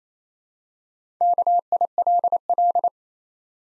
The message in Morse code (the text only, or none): KILL